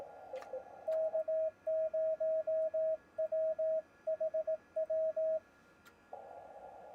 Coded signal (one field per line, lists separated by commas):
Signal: Morse code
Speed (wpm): 18 wpm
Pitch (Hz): 640 Hz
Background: radio noise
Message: K0WHW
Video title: Hamm'n Around - HT Battery Build, et.al.